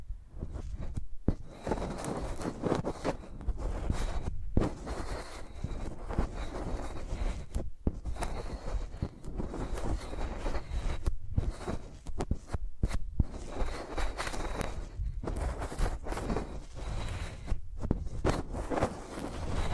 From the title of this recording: ASMR Using Mics as Pencils (No Talking)